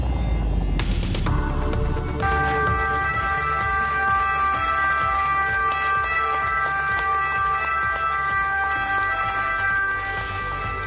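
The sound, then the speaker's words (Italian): Sirens sound continuously for about ten seconds at the Pellegrini hospital in Naples, Italy, as the reopening of its emergency room was decided, a loud, steady multi-toned wail with a low rumble underneath and a brief noisy burst at the start; no one speaks. “sono le sirene che hanno risuonato all'ospedale Pellegrini di Napoli al momento in cui poi è stata decisa la riapertura del pronto soccorso”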